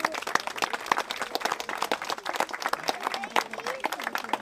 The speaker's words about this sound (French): En tout cas, un grand merci à tous ces photographes qui ont accepté de travailler avec nous dans ces conditions. Je propose qu'on les applaudisse encore une fois.